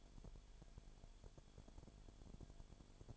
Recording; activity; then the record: daily activity, microphone in the room; no activity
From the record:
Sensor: 5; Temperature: 20.0 degrees Celsius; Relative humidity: 37.1%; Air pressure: 1007.4 hPa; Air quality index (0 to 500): 84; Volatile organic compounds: 1 ppm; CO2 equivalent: 955 ppm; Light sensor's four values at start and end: 2/3/1/1 and 2/3/1/1